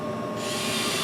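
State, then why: Not seated. A drill drives a loose wood screw back into a door hinge, into the wood, because it wasn't tight. A steady whirring hum becomes a louder, brighter grinding whine from about 0.4 seconds to the end. Nothing has seated yet when the clip ends.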